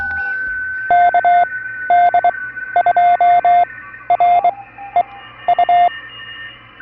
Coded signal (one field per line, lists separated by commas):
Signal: Morse code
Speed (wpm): 23 wpm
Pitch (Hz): 700 Hz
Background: radio noise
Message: KD2REU